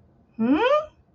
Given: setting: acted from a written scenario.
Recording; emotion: vocal sound without words; confusion